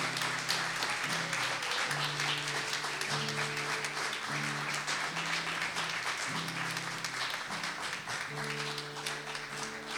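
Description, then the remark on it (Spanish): An audience claps steadily and fairly loudly for the whole ten seconds for children receiving folders for their work on values, a dense, even patter of many hands, while a low, simple melody of held notes plays beneath it. “Yo les voy a pedir un aplauso para estos niños valientes.”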